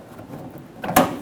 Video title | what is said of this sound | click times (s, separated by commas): How to Replace Rear Wheel Housing Side Panels 2005-2015 Toyota Tacoma | Get it snapped into place. | 1.0 s